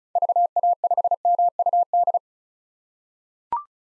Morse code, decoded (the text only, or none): VA5MUD